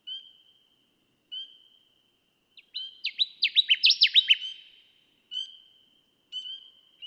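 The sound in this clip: Connecticut warbler singing a quick, loud series of sharp downslurred notes in the middle, framed by steady whistled tones repeated every second or so.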